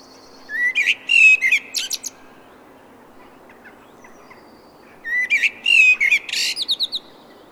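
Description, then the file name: Common blackbird singing two phrases: low, liquid warbled notes followed by a flourish of high, thin, scratchy twittering, separated by a few seconds of quiet. "Turdus merula"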